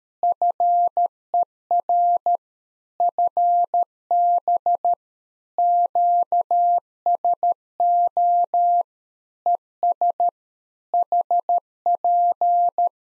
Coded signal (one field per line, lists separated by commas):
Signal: Morse code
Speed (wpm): 13 wpm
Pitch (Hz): 700 Hz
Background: none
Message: FER FB QSO ES HP